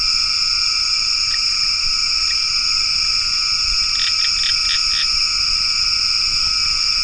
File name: Occidozyga sumatrana